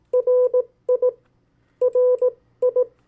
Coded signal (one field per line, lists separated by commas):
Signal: Morse code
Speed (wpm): 18 wpm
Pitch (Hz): 500 Hz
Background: none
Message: RI RI